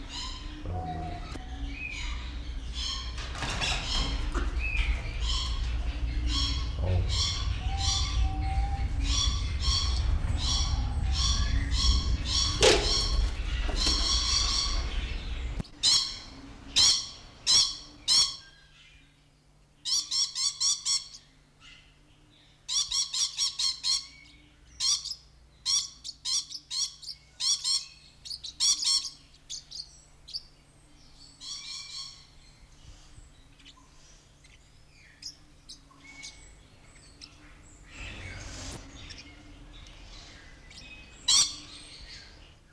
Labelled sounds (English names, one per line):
Coconut Lorikeet call